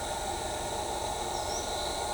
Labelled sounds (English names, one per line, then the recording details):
Ochre-lored Flatbill
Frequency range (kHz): Ochre-lored Flatbill 4.6-6.6 kHz
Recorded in shrubland near Pivijay, Magdalena, Colombia, on 16 April 2023 at 10:00
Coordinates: 10.453, -74.365
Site P5-G022